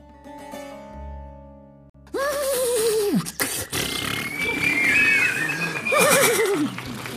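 A steady tonal hum gives way to a loud horse whinny that quavers and slides down in pitch, followed by a rustling, breathy stretch and a second, shorter shrill neigh.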